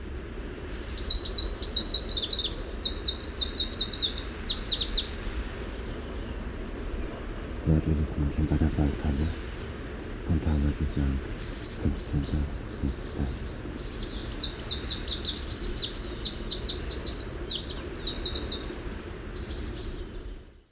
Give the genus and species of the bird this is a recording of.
Phylloscopus trochiloides